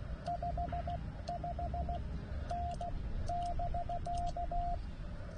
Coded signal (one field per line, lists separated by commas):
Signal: Morse code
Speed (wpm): 16 wpm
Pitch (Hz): 700 Hz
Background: radio noise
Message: 55N <BK>